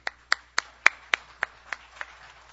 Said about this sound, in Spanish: Vamos a recibir en el escenario de Pichincha tu música, acá en el Centro Cultural de la Orquesta Sinfónica Nacional del Ecuador, con un gran aplauso, por favor, acá en el set, y para todos quienes nos están observando a través de Facebook Live.